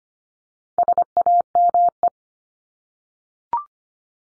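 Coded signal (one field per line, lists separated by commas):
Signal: Morse code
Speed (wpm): 25 wpm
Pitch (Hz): 700 Hz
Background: none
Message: SAME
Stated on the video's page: Morse sent at 25 wpm as a head-copy drill of the 300 most common English words, each word sent three times, then spoken, then sent again.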